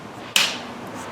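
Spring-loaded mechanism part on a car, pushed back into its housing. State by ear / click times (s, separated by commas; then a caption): seated / 0.4 s. After the retaining pin is pulled on a 2012 Forester, a spring-loaded mechanism part springs back and is pushed lightly back into its housing. A sharp, bright click sounds at 0.4 s over a quiet background. The part seats back into place.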